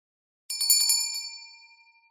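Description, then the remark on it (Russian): A grand duke rings a small handbell to have his wife called, shaking it in a quick burst of about half a dozen bright, high-pitched metallic rings, then its tone lingers and fades away. No voices accompany it. “Он позвонил в колокольчик и попросил позвать жену.”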